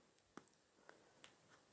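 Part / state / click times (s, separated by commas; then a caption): zipper insertion pin into zipper slider box / not seated / none. The zipper insertion pin is pushed into the slider box on the second zip of a DIY travel duffle bag, with the zip halves lined up at the top. A few faint, sharp ticks of handling sound at about 0.4, 0.5, 0.9 and 1.2 s over quiet background noise. Nothing has seated or clicked into place yet.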